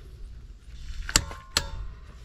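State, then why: Torque reached. A click-type torque wrench set to 173 ft-lb tightens the center axle nut on a front CV axle, with a soft tick at 1.1 s and a sharp click at 1.2 s, followed by a second metallic snap at 1.6 s. The click at 1.2 s marks the wrench releasing, confirming the nut has reached its set torque.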